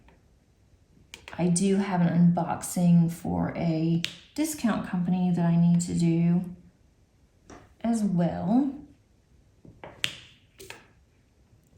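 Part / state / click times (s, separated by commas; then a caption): resin diamond drill into the canvas glue/adhesive / seated / 10.0 s. Resin diamond-painting drills are pressed onto a canvas with glue dots while someone talks. A sharp little click is heard at 10.0 s as a drill seats into the glue dot, among a few other faint taps.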